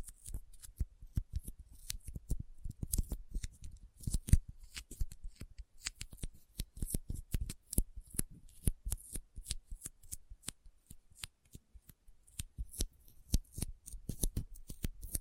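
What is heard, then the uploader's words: Sticky fingers pull apart again and again in a fast, irregular stream of sharp little clicks and tacky snaps. The pops come several per second throughout, crisp and bright on top with a soft low thump beneath. ASMR Intense Sticky Finger Sounds (No Talking).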